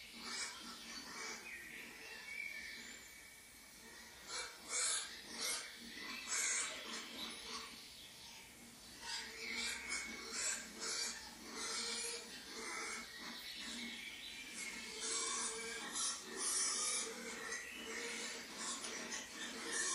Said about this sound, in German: Wir sind hier im Schweinemuseum und eigentlich müsste man jetzt ein paar Schweine grunzen hören